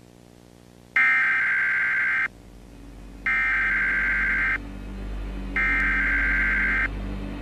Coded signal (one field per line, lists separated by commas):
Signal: Emergency Alert System (SAME) tones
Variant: header bursts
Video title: EAS Scenario - The Rarity Virus 2